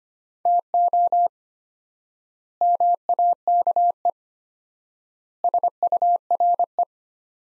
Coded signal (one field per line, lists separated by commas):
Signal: Morse code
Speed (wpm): 25 wpm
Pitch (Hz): 700 Hz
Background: none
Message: TO MAKE SURE